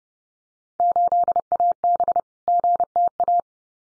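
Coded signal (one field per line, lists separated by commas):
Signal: Morse code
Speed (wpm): 32 wpm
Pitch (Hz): 700 Hz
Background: none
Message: 8AB GTA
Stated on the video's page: Computer-generated Field Day contest exchange copying drill at 30 wpm, exchanges randomly selected, each sent twice with spoken answer between.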